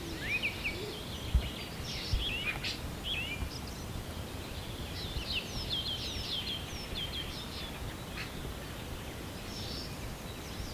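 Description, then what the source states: Birds chirping and twittering in overlapping phrases, short upward whistles early on, then a busy cluster of high notes, over low rumble. Birds recorded at sunrise, morning.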